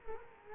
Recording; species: mosquito wingbeat signal from an infrared sensor; Culex quinquefasciatus